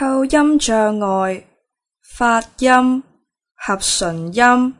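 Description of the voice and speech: An adult woman reading a passage aloud in slow, halting speech: brief bursts with stretched vowels, long pauses and blurred consonants, fitting dysarthria affecting articulation.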